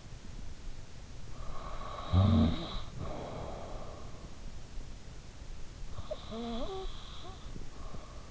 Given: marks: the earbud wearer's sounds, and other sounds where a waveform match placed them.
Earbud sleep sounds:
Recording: sounds in sleep by an in-ear microphone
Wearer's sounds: snoring breath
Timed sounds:
1.33-4.60 s: snoring breath
5.88-8.31 s: snoring breath

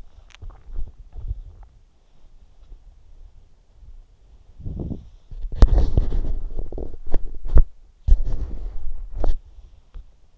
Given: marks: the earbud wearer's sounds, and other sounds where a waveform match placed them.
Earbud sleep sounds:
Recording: sounds in sleep by an in-ear microphone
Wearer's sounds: teeth grinding, body movement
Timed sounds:
0.00-0.71 s: teeth grinding
4.10-10.38 s: body movement

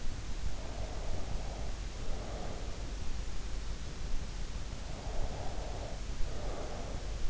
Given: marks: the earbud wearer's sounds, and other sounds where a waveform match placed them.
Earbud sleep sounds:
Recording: sounds in sleep by an in-ear microphone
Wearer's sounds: breath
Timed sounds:
0.80-2.82 s: breath
5.09-7.30 s: breath

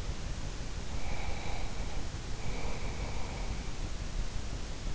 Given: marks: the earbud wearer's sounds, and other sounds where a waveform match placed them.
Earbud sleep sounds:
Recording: sounds in sleep by an in-ear microphone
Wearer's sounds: breath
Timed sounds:
0.92-3.53 s: breath

